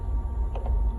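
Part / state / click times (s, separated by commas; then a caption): lathe gear selector lever into gearbox engagement / not seated / none. A lathe feed or gear selector lever is moved to engage the gearbox, but the gears are not aligned, so it does not click into engagement and the gear is not in. Over a steady low hum, only two faint, brief knocks are heard at about 0.6 and 0.7 seconds, and nothing has seated or clicked.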